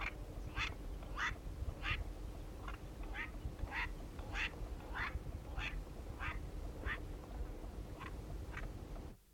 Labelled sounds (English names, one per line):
Southern Black Korhaan call